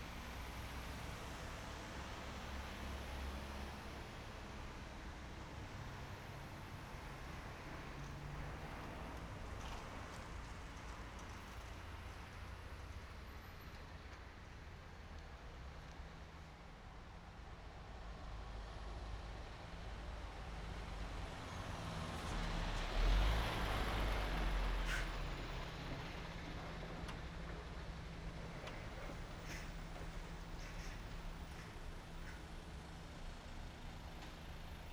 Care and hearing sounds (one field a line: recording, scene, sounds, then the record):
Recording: everyday scene through a hearing-aid microphone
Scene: in traffic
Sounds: traffic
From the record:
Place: main road on the outskirts, rush hour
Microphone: behind the ear, right, front